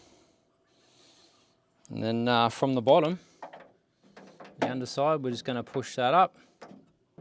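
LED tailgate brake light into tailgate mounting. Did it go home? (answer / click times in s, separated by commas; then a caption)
no / none. An HIMOD LED tailgate brake light for a Hilux is being pushed up from the underside into its tailgate mounting, where its plastic clips are meant to click in. Someone talks throughout, with a few brief faint knocks of handling around 3.4 to 4.4 seconds. The clip ends before the light goes home, so nothing has seated or clicked yet.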